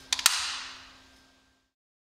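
After the cartridge is inserted, the clear plastic base of a Respimat inhaler is put back onto the inhaler body and snaps into place. Sharp plastic clicks sound at 0.1 s and 0.3 s, with a fainter tick between them, and then a bright ringing tail fades out by about 1.5 s. The base is seated.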